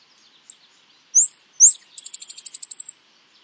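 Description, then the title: São Francisco sparrow song: two thin, high rising whistles followed by a fast, even trill of about a dozen sharp notes, with a brief faint note before. "LuckyPassaro Completos2Sama. Sao Francisco Sparrow (Arremon franciscanus)"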